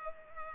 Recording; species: mosquito wingbeat signal from an infrared sensor; Culex pipiens